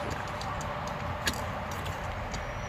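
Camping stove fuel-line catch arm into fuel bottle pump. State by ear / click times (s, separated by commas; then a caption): not seated / none. The fuel-line catch arm of an MSR Whisperlite International camping stove is handled and swung toward the fuel bottle's pump, with a brief sharp tick near 1.3 s over steady low background noise. The arm has not yet snapped into the pump, and nothing has seated or clicked yet to secure the tank.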